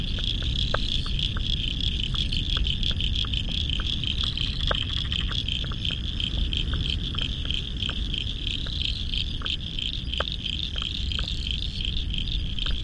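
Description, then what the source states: Frog chorus: a steady, dense pulsing band of high calls with scattered short clicks below, over a constant low roar. Spring frog chorus at dusk beside the South Pacific Ocean, Royal National Park, Australia, November 2015.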